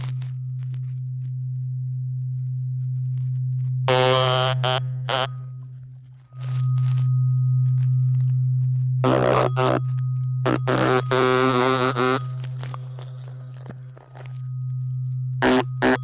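Ear cleaning sounds arrive as short bright scratching, crackling bursts around four, nine to twelve, and fifteen seconds over a constant low hum.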